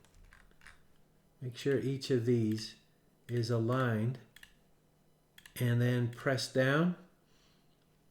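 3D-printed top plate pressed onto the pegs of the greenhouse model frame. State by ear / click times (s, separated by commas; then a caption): not seated / none. Someone talks while a 3D-printed plastic top plate for a miniature greenhouse model is aligned over the pegs of the frame, ready to be pressed down. Faint handling taps come between the phrases, around 4.4 and 5.4 seconds. The plate has not yet seated or clicked onto the pegs.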